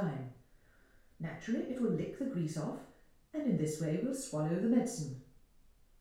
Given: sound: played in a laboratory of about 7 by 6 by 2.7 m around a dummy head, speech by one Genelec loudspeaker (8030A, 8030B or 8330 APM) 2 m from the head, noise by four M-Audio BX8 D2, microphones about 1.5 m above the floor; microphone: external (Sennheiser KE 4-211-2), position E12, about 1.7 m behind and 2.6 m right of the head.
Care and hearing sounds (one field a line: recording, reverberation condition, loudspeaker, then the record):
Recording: female speech in English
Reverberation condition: medium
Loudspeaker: 90 degrees to the right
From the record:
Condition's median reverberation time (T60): about 510 ms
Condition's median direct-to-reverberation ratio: about -0.5 dB